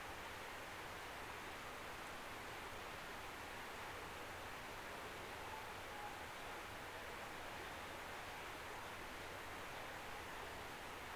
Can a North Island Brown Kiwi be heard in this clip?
no